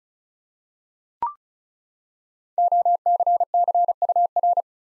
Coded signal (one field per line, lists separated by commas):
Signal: Morse code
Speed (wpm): 36 wpm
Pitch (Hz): 700 Hz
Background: none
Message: OCCUR